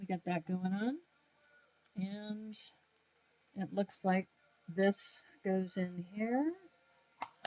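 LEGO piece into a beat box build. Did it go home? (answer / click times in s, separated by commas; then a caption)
yes / 7.2 s, 7.4 s. Someone talks while a plastic LEGO brick piece is pressed into a beat box build. Two sharp plastic clicks follow at 7.2 s and 7.5 s as the piece snaps into place and seats.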